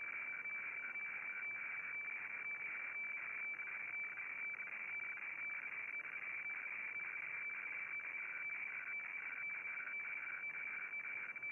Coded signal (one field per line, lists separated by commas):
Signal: weather fax (radiofax)